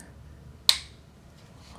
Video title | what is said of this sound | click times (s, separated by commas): Lavavajillas Candy Cf6c4f1ps 16 Un año de uso (falla la jabonera y tapa de sal) | Until it clicks there. | 0.7 s